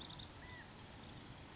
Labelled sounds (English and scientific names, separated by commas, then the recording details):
California Quail (Callipepla californica)
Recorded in Sonoma County, California